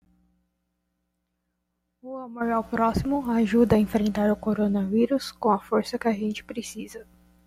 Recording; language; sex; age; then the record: spoken sentence; Brazilian Portuguese; female; 20 to 29 years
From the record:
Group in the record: control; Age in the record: 21 years